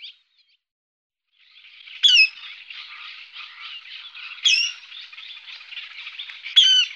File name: râle-deau